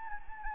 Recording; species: mosquito wingbeat signal from an infrared sensor; Anopheles gambiae